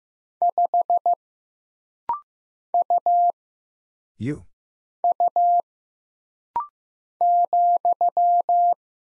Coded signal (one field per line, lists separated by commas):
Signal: Morse code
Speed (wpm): 15 wpm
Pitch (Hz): 700 Hz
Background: none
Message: 5 U U ,